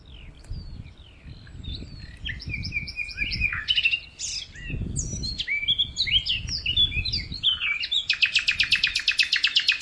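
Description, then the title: Bird singing a continuous jumble of quick sliding whistles and chirps that ends in a fast, steady rattling trill, with soft low-pitched thuds beneath. "LuckyPassaro Completos2Sama"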